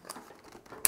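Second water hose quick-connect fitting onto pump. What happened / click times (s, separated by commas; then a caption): The hose coupling snapped onto its fitting / 0.9 s. A second water hose's quick-connect fitting is pushed onto a pump. Soft handling and rustling lead up to a sharp plastic click at 0.9 s, and the fitting seats in place.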